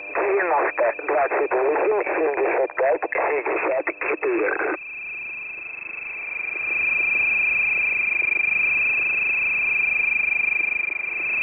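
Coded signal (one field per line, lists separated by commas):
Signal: coded military voice message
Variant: The Pip, Russian voice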